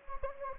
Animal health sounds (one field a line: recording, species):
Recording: mosquito wingbeat signal from an infrared sensor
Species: Anopheles gambiae